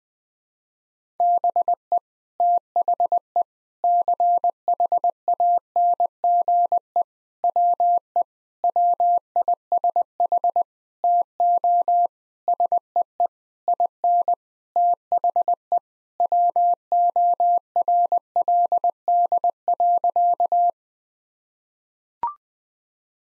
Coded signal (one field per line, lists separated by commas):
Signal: Morse code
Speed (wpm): 20 wpm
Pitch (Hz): 700 Hz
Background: none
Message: BE THE CHANGE WE WISH TO SEE IN THE WORLD.